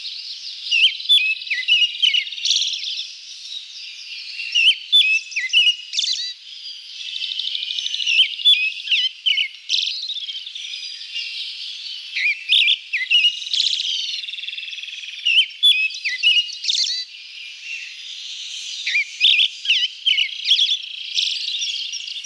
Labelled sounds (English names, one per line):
Pale Thrush song